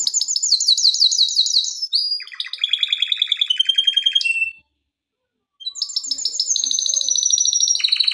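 Canary song with a high sliding trill and mid-pitched rattling tours, an one-second pause, then another high rippling trill.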